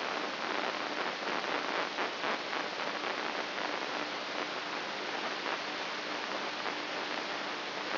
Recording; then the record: brain microelectrode recording played as sound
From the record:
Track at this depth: inside the subthalamic nucleus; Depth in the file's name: 4.385 mm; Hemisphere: left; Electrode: 3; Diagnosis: Parkinson's disease